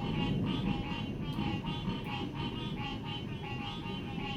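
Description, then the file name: Frogs calling in a chorus of rapid, repeated croaks over a continuous low rumbling background. "Frogs and thunder"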